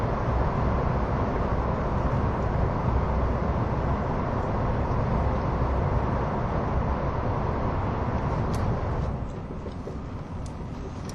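A dense, steady rumble from an ETR610 tilting train on the Gotthard route fills the clip, heavy in the low end with a hiss above. Around nine seconds the roar drops noticeably quieter, and a few faint sharp clicks and squeaks appear near the end.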